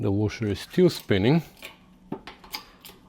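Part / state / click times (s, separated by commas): steel thrust washer into its seat on a transmission mainshaft / seated / 2.5 s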